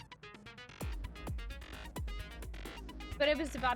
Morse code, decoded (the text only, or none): none